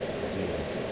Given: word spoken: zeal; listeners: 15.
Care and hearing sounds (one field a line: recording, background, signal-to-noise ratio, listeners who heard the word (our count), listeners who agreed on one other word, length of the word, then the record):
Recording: one English word in noise, from a listening test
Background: speech-shaped noise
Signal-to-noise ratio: -5.0 dB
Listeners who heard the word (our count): 1 of 15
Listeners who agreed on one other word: 7 of 15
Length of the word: 0.52 s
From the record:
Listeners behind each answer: 7, 4, 1, 1, 1, 1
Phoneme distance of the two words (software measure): 27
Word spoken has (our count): 1 syllable, 3 phonemes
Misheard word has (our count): 2 syllables, 4 phonemes, stress on syllable 1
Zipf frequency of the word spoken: 2.81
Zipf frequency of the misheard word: 4.35